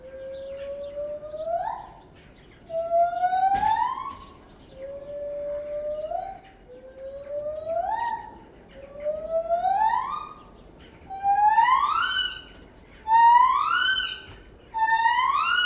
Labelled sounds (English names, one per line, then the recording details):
Lar Gibbon
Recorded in captivity
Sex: female
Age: adult
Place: Tierpark Berlin, Berlin, DE
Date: 1968-01-13
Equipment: R 20/1, Sennheiser MD 421
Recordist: Tembrock, Günter